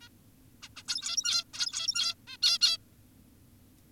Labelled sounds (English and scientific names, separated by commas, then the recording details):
Zebra Finch (Taeniopygia guttata)
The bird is an adult
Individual g17y2U